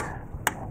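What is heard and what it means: Coolant hose tubing is pressed back into its plastic retaining clip on the engine of a BMW 328d N47 during an oil catch can setup. A single sharp snap is heard at 0.5 s over a low background, and the hose is seated in the clip.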